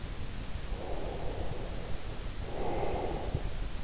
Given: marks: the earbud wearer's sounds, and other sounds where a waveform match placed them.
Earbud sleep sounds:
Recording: sounds in sleep by an in-ear microphone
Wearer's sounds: breath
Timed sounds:
0.42-3.84 s: breath

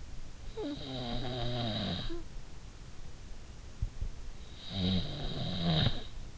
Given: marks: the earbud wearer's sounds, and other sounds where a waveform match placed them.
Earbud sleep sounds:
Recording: sounds in sleep by an in-ear microphone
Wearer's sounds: snoring breath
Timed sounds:
0.01-2.47 s: snoring breath
4.39-6.38 s: snoring breath

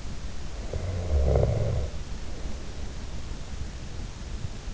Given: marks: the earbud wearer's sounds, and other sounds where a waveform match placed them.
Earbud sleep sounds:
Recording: sounds in sleep by an in-ear microphone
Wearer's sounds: snoring breath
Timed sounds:
0.52-3.12 s: snoring breath

